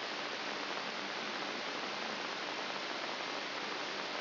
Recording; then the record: brain microelectrode recording played as sound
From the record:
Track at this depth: inside the subthalamic nucleus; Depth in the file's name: 2.704 mm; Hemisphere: left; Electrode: 3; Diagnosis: Parkinson's disease